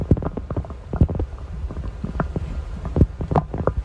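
Irregular low gurgles and rumbles from an adult's abdomen, recorded by phone held to the stomach: ordinary stomach rumbling (borborygmi) after overeating a starchy holiday meal following a low-carb, grain-free diet, sounding like something alive in there.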